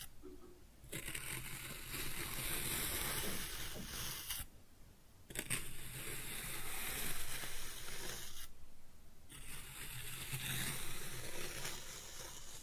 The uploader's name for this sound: Kinetic Sand Cutting and Scooping Sounds